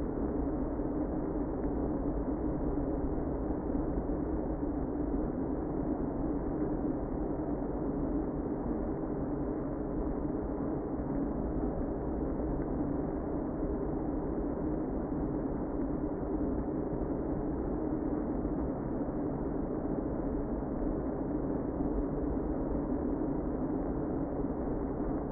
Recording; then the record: honeybee colony, microphone inside the hive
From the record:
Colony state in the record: queen present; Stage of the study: before two queens were removed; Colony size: about 60,000 bees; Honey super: yes